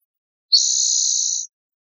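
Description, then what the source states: Spotted towhee buzz: a single high, dry, even buzz lasting about a second, steady in pitch, against silence. Buzz call recorded in northwestern California.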